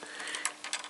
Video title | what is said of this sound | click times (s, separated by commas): Sony TC-RX370 Hx-Pro Cassettedeck Repair Restoration part 1 of 1 | make this hook click into place | 0.4 s, 0.7 s